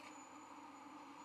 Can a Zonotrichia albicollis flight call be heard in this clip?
no